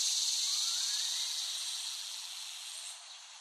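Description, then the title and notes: Cicada buzz, a loud, steady, high hiss that slowly fades toward the end. Cicadas recorded by Dan Bodah in West Brighton, Staten Island, in late summer 2008. "Dronecast No. 021: The Cicadas of Summer. Recording of cicadas made by Dan Bodah in West Brighton, Staten Island, late summer 2008"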